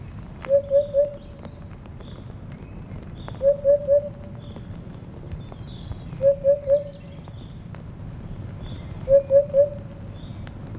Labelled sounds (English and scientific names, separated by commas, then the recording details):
Eurasian Hoopoe (Upupa epops) song
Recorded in the wild
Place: Villach, Kärnten, AT
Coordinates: 46.5921, 13.8245
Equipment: Uher 4100 Report-V
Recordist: Brunner, Thomas
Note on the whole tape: Wiedehopf, Gesang. Villache, in den Oberdörfern. Am 08. und 09. Mai 1971